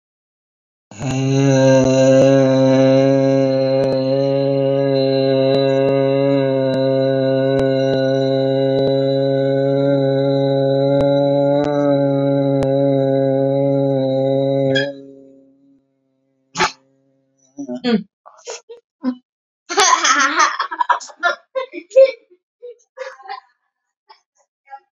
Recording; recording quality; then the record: sustained vowel as in made; moderate, slight background noise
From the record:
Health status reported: recovered from COVID-19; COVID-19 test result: positive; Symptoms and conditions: muscle pain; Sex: male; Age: 42 years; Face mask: not worn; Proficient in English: yes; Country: India